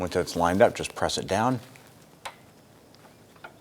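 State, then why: Seated. A plastic electrical connector is lined up with the A/C pressure switch on the receiver drier of a 2004–2008 Acura TL and pressed down while someone talks. A sharp click at 2.3 s shows the connector locking onto the switch, followed by a few faint ticks.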